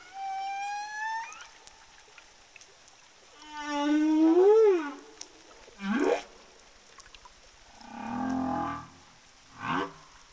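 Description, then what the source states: Humpback whale song: a varied sequence of high tonal whistles, a rising-and-falling moan, steep upsweeps and a low buzzy groan, units separated by short pauses. Humpback whales of the southern Indian Ocean, whose populations a study found to be singing different song tunes.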